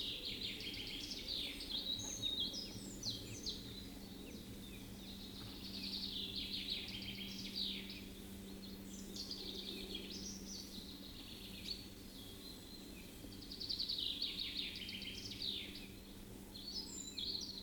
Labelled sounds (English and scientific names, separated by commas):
Spotted Nutcracker (Nucifraga caryocatactes) call